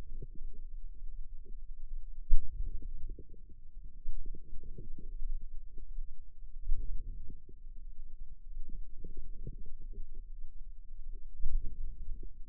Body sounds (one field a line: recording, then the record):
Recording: forearm muscle sounds (acoustic myography)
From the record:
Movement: outward rotation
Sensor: system 2, bracelet of six BSWA MPA416 microphones around the upper forearm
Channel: 2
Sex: female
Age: 22 years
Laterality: right